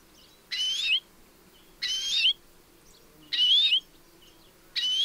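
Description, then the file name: European greenfinch giving drawn-out, nasal buzzy wheezes, each about half a second long and rising at the end, repeated roughly every one and a half seconds; three full calls and a clipped one at the end. "Chloris chloris"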